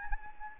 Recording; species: mosquito wingbeat signal from an infrared sensor; Anopheles arabiensis